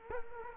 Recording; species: mosquito wingbeat signal from an infrared sensor; Culex quinquefasciatus